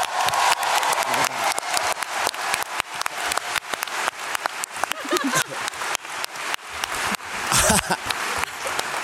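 An audience applauds Franck Dubosc after his show, steadily, a dense wash of many hands clapping with fast, irregular sharp hits sustained at an even, moderately loud level throughout.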